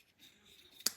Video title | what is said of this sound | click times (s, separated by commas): VW Transporter T5,T6,T7 electric folding wing mirror repair - how to replace bent bracket | and that is now locked in place | 0.9 s